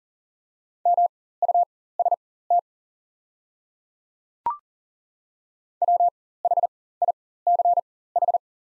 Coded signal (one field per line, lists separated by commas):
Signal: Morse code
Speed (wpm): 40 wpm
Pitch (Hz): 700 Hz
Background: none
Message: MUST WHICH